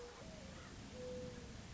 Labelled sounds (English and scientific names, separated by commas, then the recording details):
Mourning Dove (Zenaida macroura)
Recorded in Sonoma County, California